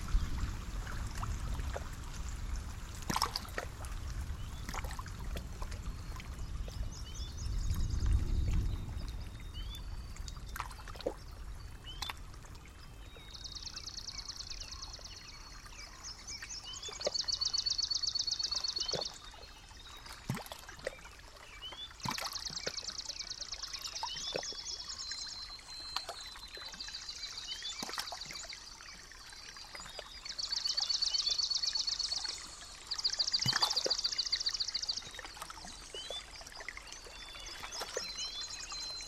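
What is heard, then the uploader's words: Birds and frogs call; low rumbling fades early, sharp chirps recur throughout, and bright buzzing trills lasting several seconds repeat later. After a long winter in northern Minnesota, everything seems to awaken at once. From the songs of migratory birds to the croaks of frogs and toads, we can witness a wonderful rejuvenation.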